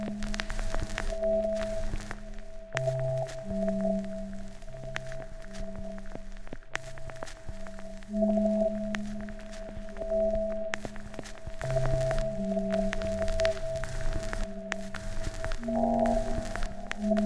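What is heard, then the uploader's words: Pure sine tones at several different pitches switch on and off at semi-random intervals, often overlapping in low, middle and higher registers. The steady hums are broken by frequent short clicks and abrupt cuts, while overall loudness stays fairly even throughout. For this week's junto project I created a patch in zMors modular which triggered sine waves of different frequencies at semi random intervals. If two different frequencies were triggered at the same time then the waves were added together.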